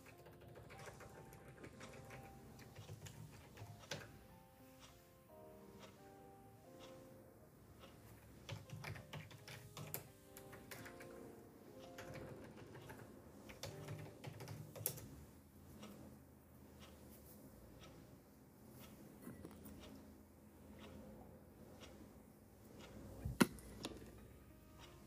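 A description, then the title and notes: Soft lofi-style music plays throughout, with steady low tones and short melodic notes, while frequent keyboard clicks and taps come through in irregular bursts. The level stays fairly even, with one sharper click standing out near the end. Ticking clock, keyboard, lofi music, kpop instr.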